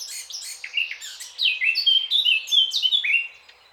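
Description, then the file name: Eurasian blackcap song with a hurried, scratchy start that swells into a clear, flutey whistled ending before fading out. "Sylvia atricapilla"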